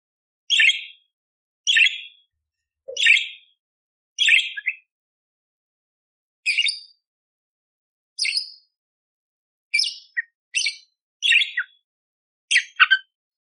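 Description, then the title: Budgerigar calls, short raspy chirps repeated at irregular intervals, some in quick pairs, with silent gaps between. Budgerigar masteran with clear, loud chattering (gacor) and rough bursts, used to train other songbirds such as the kacer. "Masteran Burung Parkit Gacor Jernih Full Isian Tembakan Kasar Cocok Buat Kacer"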